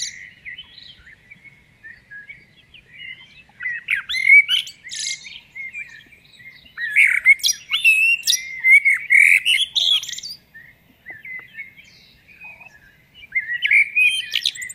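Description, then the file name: Common blackbird delivering several song phrases of rich warbled whistles mixed with high squeaky twitters, pauses in between. "Turdus merula"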